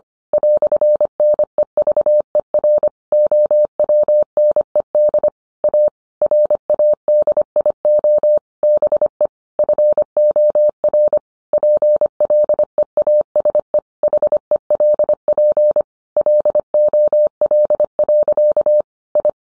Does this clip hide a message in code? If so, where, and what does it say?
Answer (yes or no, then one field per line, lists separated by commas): yes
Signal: Morse code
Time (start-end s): 0.3-19.3 s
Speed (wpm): 25 wpm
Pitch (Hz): 600 Hz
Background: none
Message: "NEVER OWNED A RADIO BE FOR PLEASE HELP LOL. I